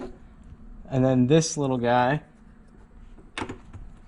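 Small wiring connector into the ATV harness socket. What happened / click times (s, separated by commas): Handled, not yet home: small connector not yet clicked in / none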